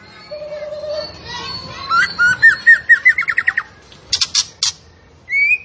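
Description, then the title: Zebra finch song opening with a low wavering whistle, building into a run of rapid rising notes, then harsh chips and a final bright whistle. Actively singing (gacor) bird; used as masteran training audio. "Masteran Burung Tembakan Gacor"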